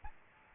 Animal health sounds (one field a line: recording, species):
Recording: mosquito wingbeat signal from an infrared sensor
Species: Aedes albopictus